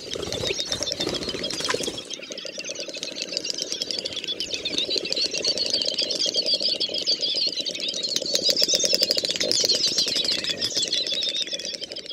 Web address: Przyroda Ptaki Dubelt